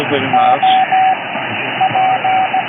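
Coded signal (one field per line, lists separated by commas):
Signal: Morse code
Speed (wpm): 16 wpm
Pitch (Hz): 760 Hz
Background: speech, radio noise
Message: O P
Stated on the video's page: Heard on CB radio.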